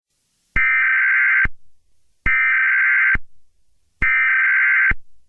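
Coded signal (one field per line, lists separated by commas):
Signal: Emergency Alert System (SAME) tones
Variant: header bursts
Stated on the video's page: Fictional EAS scenario; sound glitched near the end and replayed after a couple of seconds.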